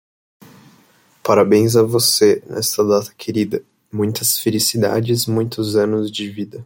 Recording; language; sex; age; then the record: short text; Brazilian Portuguese; male; 20 to 29 years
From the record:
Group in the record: control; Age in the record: 21 years